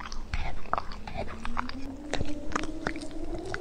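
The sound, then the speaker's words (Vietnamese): Wet, smacking chewing of meat coming from behind a broken stone stele, with repeated sharp clicks and squelches in an uneven rhythm over a low steady hum, fairly loud throughout. “Nhưng chưa kịp xoay người, từ đằng sau tấm bia vỡ đã vọng ra tiếng nhai thịt chóp chép.”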